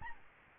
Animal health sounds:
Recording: mosquito wingbeat signal from an infrared sensor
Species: Aedes albopictus

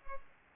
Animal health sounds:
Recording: mosquito wingbeat signal from an infrared sensor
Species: Culex pipiens

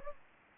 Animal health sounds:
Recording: mosquito wingbeat signal from an infrared sensor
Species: Aedes aegypti

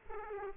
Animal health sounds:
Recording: mosquito wingbeat signal from an infrared sensor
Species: Aedes aegypti

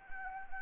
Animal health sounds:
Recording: mosquito wingbeat signal from an infrared sensor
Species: Anopheles gambiae

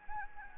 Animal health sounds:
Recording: mosquito wingbeat signal from an infrared sensor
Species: Anopheles arabiensis

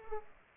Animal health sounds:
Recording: mosquito wingbeat signal from an infrared sensor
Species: Culex pipiens

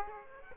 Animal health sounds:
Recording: mosquito wingbeat signal from an infrared sensor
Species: Aedes aegypti

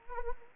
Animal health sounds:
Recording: mosquito wingbeat signal from an infrared sensor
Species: Anopheles arabiensis

